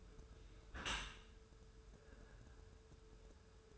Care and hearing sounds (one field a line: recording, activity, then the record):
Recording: daily activity, microphone in the room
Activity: close dishwasher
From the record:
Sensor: 2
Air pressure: 1014.8 hPa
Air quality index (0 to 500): 25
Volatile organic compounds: 0 ppm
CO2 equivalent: 503 ppm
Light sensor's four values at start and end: 10/23/9/9 and 10/23/9/9